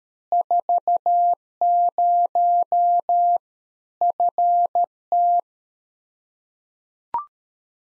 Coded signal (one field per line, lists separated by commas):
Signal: Morse code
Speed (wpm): 13 wpm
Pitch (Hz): 700 Hz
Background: none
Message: 40 FT